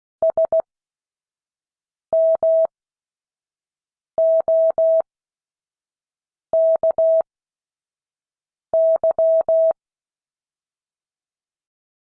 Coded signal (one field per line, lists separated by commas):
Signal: Morse code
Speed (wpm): 16 wpm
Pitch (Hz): 650 Hz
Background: none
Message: SMOKY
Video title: Friday 2022-08-26 Morse code class